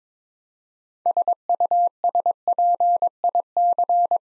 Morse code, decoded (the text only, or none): SUSPIC